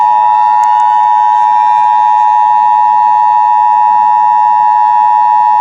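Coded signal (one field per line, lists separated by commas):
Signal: Emergency Alert System (SAME) tones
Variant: 853 and 960 Hz attention tone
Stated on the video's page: Fictional EAS scenario about an asteroid, not a real alert.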